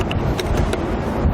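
Plastic locking tabs on a vehicle wiring connector, likely the taillight connector, are pushed back in while a Roadmaster Diode 7-Wire to 6-Wire Flexo-Coil Wiring Kit is mounted on a 2019 Jeep Grand Cherokee. Three short, sharp clicks are heard at 0.1, 0.4 and 0.7 seconds over a steady background rumble. The tabs seat and lock in place.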